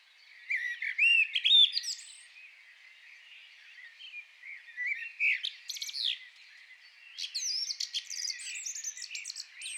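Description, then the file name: Common blackbird phrases: brief fluty whistles tipped with sharp high twitters, coming in bursts separated by quieter gaps, with a long chattering run toward the end. "Turdus merula"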